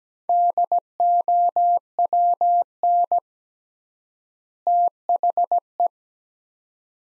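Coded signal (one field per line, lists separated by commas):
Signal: Morse code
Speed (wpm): 17 wpm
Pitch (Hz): 700 Hz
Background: none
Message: DOWN THE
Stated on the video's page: Morse practice sets of two words at 17 wpm with 3x word-spacing, a Farnsworth-like method applied to words, for head-copying.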